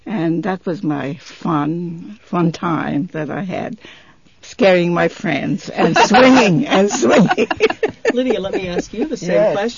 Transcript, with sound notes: And that was my fun time that I had, scaring my friends and swinging and swinging. ( they laugh )
Lydia, let me ask you the same question.